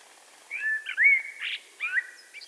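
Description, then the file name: Eurasian blackbird song phrase of clear sliding whistles broken by a short harsh burst, then further fluted notes. "Turdus merula"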